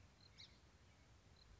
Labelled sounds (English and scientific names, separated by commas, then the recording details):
Song Sparrow (Melospiza melodia)
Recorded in Sonoma County, California